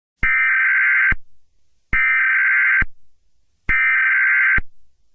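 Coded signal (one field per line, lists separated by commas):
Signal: Emergency Alert System (SAME) tones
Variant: header bursts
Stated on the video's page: Mock, made-up tornado alert for Arkansas.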